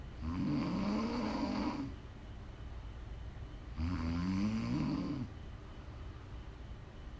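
ASMR snoring from an adult woman asleep: two loud, tonal snores with a low voiced pitch around 200 Hz, each lasting about one and a half seconds, separated by quieter breathing, presented for relaxation and winding down.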